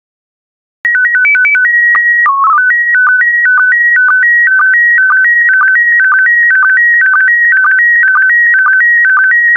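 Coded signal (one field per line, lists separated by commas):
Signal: SSTV (slow-scan television)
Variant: PD 120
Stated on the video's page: PD120 SSTV transmission.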